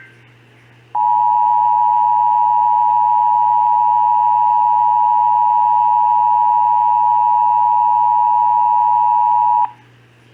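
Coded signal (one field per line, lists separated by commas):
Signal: Emergency Alert System (SAME) tones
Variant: 853 and 960 Hz attention tone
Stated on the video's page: Texas required monthly test as aired on WBAP-AM, KSCS-FM and KTVT-TV.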